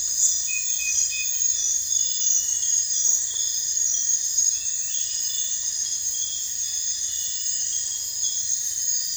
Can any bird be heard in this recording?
no